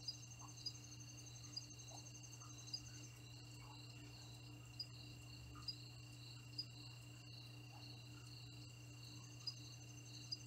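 Crickets give bright, brief chirps repeated roughly every second, while a fine continuous trill and a low droning hum persist.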